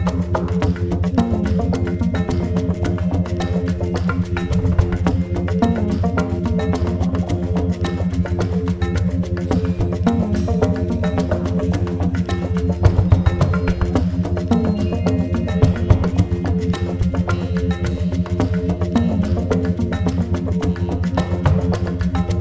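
Frogsong at Miner's Marsh forms a dense, steady chorus of overlapping low croaks and rapid clicking calls, unbroken for the whole stretch.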